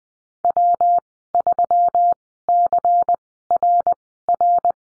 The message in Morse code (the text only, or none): W3CRR